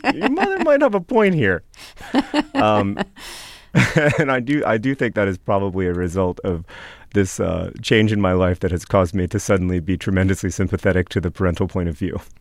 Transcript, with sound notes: Your mother might have a point here. (Laughter) And I do think that is probably a result of this change in my life that has caused me to suddenly be tremendously sympathetic to the parental point of view.